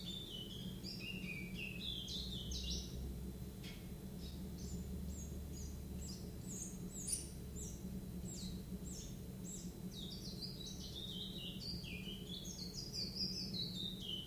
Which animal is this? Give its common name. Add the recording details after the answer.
Willow Warbler. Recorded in captivity. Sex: male. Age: juvenile. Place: Zoologisches Institut Universität Tübingen, Baden-Württemberg, DE. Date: 1966-07-26 11:10. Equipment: Nagra III PH, MD 421, LGS26. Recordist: Schneider, Hans-Joachim. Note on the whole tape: Biesinger Str. 8, Erdgeschoss. Männchen rot/gelb - blau/gelb: Warnrufe und Jugendgesang. Auch Aufnahmen vom 29.07.1966 11.45 Uhr